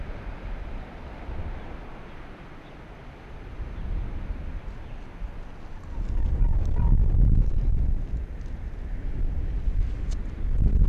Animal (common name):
Arctic Fox